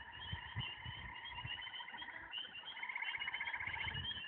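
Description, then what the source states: Tree frogs in a continuous chorus of rapid pulsed trills, with soft low thumps beneath. Recorded at night, about 21:47, on 17 May 2019; several tree frogs.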